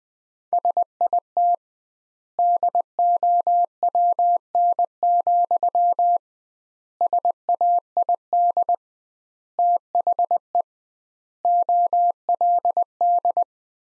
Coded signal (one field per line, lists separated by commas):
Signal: Morse code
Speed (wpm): 20 wpm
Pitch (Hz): 700 Hz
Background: none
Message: SIT DOWN, SAID THE OLD